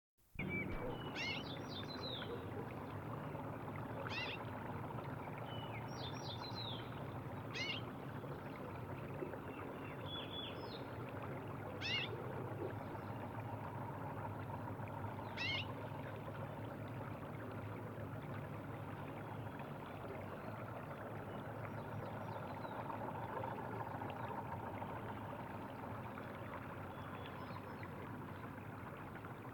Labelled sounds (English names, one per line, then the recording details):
Yellow-breasted Bunting
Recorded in the wild
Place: Ulan Bator, MN
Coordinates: 47.886, 106.906
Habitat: Park
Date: 1979-06-08
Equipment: Nagra III BH, Sennheiser MD 21, parabola
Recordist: Schubert, Michael